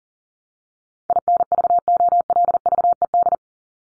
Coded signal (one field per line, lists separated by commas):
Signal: Morse code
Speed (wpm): 40 wpm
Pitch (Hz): 700 Hz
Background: none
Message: INVOLVED